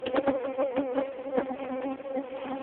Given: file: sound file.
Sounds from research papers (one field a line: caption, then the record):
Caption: Acoustic recording from wild female Culiseta incidens mosquito near a highway at Jasper Ridge Biological Preserve, CA, USA. Recording was done by one of the authors using a 2006-model Samsung SGH T-209 clamshell phone.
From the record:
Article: Using mobile phones as acoustic sensors for high-throughput mosquito surveillance